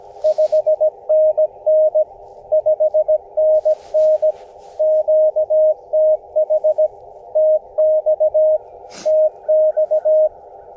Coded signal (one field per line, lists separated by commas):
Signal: Morse code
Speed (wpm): 20 wpm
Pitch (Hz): 590 Hz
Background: radio noise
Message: 5NN 5NN QTH TX TX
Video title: QRP CW POTA Activation with KX2 and Gabil GRA-7350T Telescopic Whip Antenna (Coon Creek - K-3684)